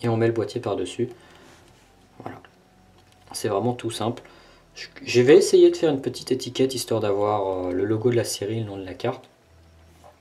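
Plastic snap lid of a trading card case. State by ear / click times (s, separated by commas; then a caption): seated / 2.3 s. A trading card in a sleeve goes into a plastic snap case, and the snap lid is pressed on over it until it clips shut at about 2.3 seconds with a short, sharp click. Someone talks before and after the click.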